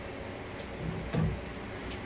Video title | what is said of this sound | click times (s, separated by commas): Tub/Shower Valve Replacement Behind The Bathroom Wall | that clicks right in place or you're you're able to take that ring | 1.1 s